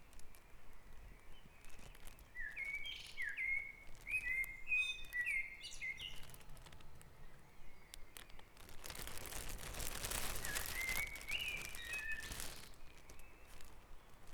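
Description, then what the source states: Birdsong in a dawn chorus: quick sequences of bright whistled notes, then a broad roaring noise that partly covers a later whistled phrase. Dawn chorus on Back Dragon Avenue in Harrogate, part of a sound map of the town.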